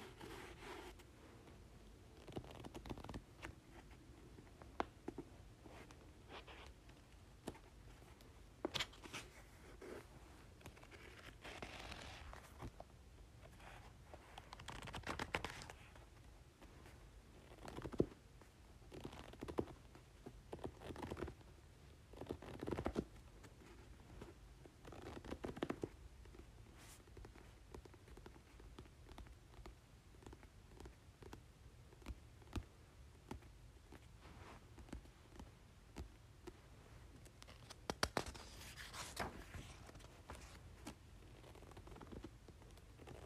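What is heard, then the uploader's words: Book pages are handled, with soft rustles, brushes and sharp page-turn crackles arriving irregularly every second or two. Busier flurries of handling come around 3, 12, 15, 22 and 38 seconds, over a low steady background hum. ASMR Book Pages.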